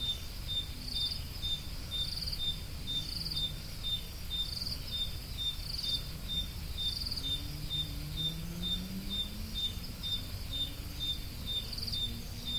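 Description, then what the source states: Crickets chirping, a high, steady chirp repeating about twice a second, with a softer pulsing buzz above it, over low rumbling background noise and faint sliding low tones. Crickets, more than one, recorded at Roodekopjes.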